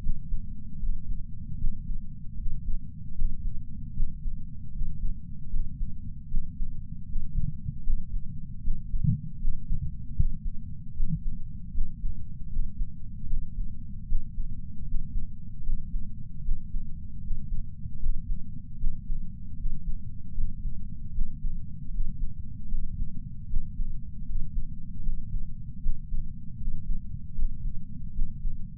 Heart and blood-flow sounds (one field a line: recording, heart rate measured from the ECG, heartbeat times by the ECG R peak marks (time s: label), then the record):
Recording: heart sounds by patch sensor on the chest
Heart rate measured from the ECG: 77 bpm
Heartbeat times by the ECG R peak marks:
0.01 s: heartbeat
0.79 s: heartbeat
1.58 s: heartbeat
2.37 s: heartbeat
3.15 s: heartbeat
3.94 s: heartbeat
4.72 s: heartbeat
5.50 s: heartbeat
6.28 s: heartbeat
7.06 s: heartbeat
7.83 s: heartbeat
8.62 s: heartbeat
9.39 s: heartbeat
10.16 s: heartbeat
10.94 s: heartbeat
11.72 s: heartbeat
12.50 s: heartbeat
13.27 s: heartbeat
14.06 s: heartbeat
14.85 s: heartbeat
15.63 s: heartbeat
16.43 s: heartbeat
17.21 s: heartbeat
17.99 s: heartbeat
18.78 s: heartbeat
19.56 s: heartbeat
20.34 s: heartbeat
21.13 s: heartbeat
21.91 s: heartbeat
22.69 s: heartbeat
23.48 s: heartbeat
24.25 s: heartbeat
25.03 s: heartbeat
25.80 s: heartbeat
26.58 s: heartbeat
27.35 s: heartbeat
28.13 s: heartbeat
From the record:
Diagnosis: coronary artery disease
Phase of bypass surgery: preoperative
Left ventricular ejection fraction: 66.3%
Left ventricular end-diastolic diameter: 44 mm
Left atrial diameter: 34 mm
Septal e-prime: 5.3 cm/s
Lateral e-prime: 9.3 cm/s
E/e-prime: 13.2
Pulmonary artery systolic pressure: 31 mmHg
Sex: male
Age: 76 years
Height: 164 cm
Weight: 75 kg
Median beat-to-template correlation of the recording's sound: 0.83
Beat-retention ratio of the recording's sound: 0.97